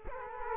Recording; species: mosquito wingbeat signal from an infrared sensor; Culex quinquefasciatus